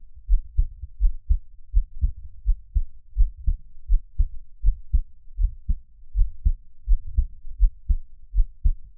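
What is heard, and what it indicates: Soft, deep thumps of an adult's own heartbeat repeat at about 83 beats a minute, many heard as paired lub-dub sounds, picked up close up. There is no talking, only a faint low hum between beats.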